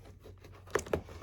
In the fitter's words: So we're just gonna go through and snap it back in.